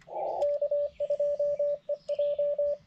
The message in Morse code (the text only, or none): K2EJ